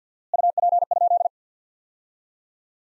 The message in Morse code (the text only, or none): UP?